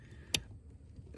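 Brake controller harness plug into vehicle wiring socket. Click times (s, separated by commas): 0.3 s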